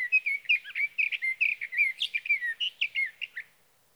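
Sage thrasher delivering a lively, unbroken warble of quick, varied notes, a few higher squeaky accents mixed in.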